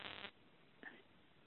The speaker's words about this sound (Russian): Срать пошла, пернула и мне по телефону позвонила.